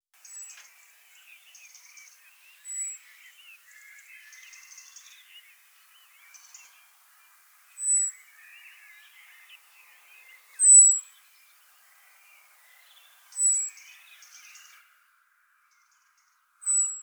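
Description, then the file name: Common blackbird giving thin, very high seep notes at irregular intervals, with soft twittering of other birds in the background. "Turdus merula"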